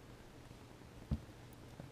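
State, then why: Not seated. A metal bullet contact is placed into an EC5 plastic connector housing and lined up, ready to be pushed home later with a 2 mm hex driver. Only soft handling sounds are heard, with a brief low thump near 1.1 s and a small tap at 1.8 s. Nothing has seated or clicked yet.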